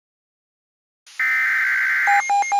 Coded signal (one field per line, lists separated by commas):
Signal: Emergency Alert System (SAME) tones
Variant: header bursts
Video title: Spring Hell In Central Alabama (EAS Scenario)